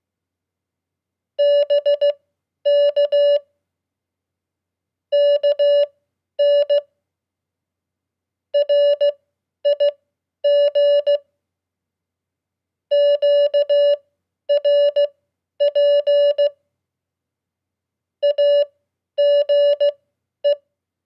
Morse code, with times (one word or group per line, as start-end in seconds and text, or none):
1.4-3.4 BK
5.1-6.8 KN
8.5-11.2 RIG
12.9-16.5 QRP
18.2-20.5 AGE